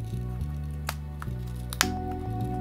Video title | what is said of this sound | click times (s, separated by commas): Sony a6300 - ILCE6300 - Unboxing & Quick Look Tour | that clicks in well so I'm going to keep that there so that's a nice fit for your eye | 1.8 s